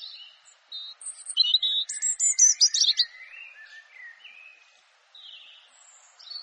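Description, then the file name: European robin song: scratchy high notes build into a fast rattling twitter, then gentle, quieter warbles trail off between brief pauses. "canto do pisco de peito ruivo"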